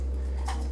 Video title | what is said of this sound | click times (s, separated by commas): Small Rising From the Grave Reaper Setup Guide | there's the click right there and now it's locked into place | 0.5 s